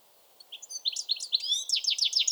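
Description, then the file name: European goldfinch song: scattered high chirps building into a fast, liquid, tinkling twitter that runs to the end. "Carduelis carduelis"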